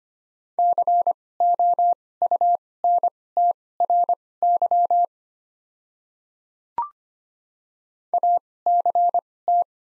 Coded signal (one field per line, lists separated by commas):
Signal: Morse code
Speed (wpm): 25 wpm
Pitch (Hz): 700 Hz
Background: none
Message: COUNTRY ACT